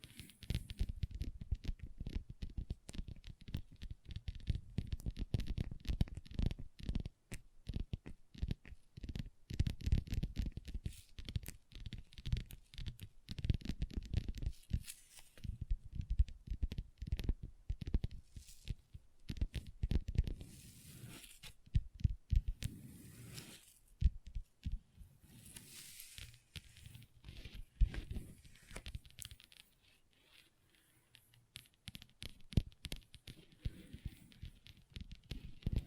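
Long nails tap and scratch on a table in quick, irregular bursts of dull knocks and brief bright scrapes, thinning out near the end.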